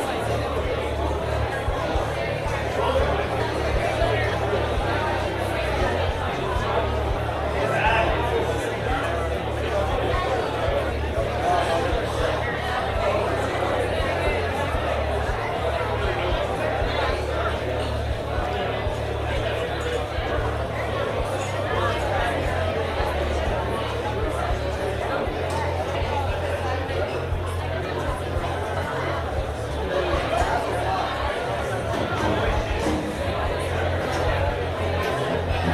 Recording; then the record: background sound without coughing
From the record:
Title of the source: CITY SOUNDS Busy Bar in the Evening Night - 2 HOURS of Ambiance for Relaxation